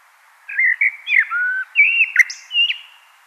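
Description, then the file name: Common blackbird song, a mellow phrase of fluted whistles rising and falling, over faint background hiss. "Turdus merula"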